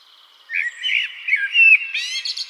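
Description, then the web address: Eurasian blackbird song: a run of fluted, wavering notes, then a thin, strained twittering ending. "Schulze Peter Eurasian Blackbird"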